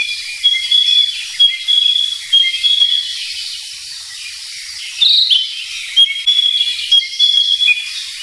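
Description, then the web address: Narcissus flycatcher song: short high whistled notes in brief bursts, with a busier passage midway, over steady background hiss. "sikioto. kibitaki"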